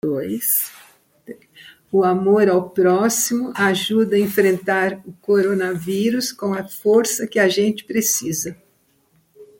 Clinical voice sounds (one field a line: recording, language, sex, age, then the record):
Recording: spoken sentence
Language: Brazilian Portuguese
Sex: female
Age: 80 to 89 years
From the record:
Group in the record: control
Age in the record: 86 years